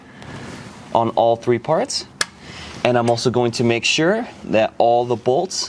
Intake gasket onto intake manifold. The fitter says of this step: all i'm going to do is i'm going to put the new gasket on which just clips on just like that until you hear a satisfying click